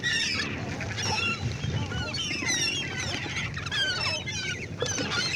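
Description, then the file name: Gulls chattering, with overlapping high squealing and yelping calls, some rising then falling, over a steady low rumble. "Seagull Chatter"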